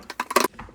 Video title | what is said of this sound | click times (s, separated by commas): How to install a Toto Washlet Bidet toilet seat | yeah, it locked into place right there. | 0.4 s